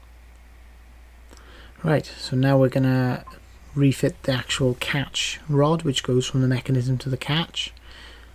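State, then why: Not seated. Someone talks while handling the catch rod that runs from the boot lock mechanism to the catch on a Golf Mk4 hatchback, about to refit it. The rod is meant to push into its hole and click into place, with nothing to screw. The clip ends before it goes in; nothing has seated or clicked yet.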